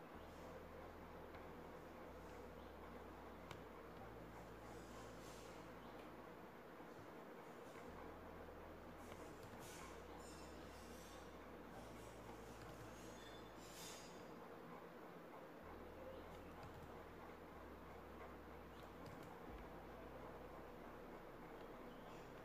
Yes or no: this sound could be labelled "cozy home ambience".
yes